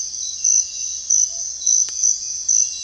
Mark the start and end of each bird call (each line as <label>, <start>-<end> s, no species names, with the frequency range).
bird call (0.2-0.8 kHz), 1.16-1.57 s